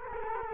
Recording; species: mosquito wingbeat signal from an infrared sensor; Culex quinquefasciatus